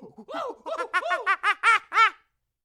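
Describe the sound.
Monkey chattering: a quick run of nasal, arched calls that grow louder and more spaced toward the end, then silence.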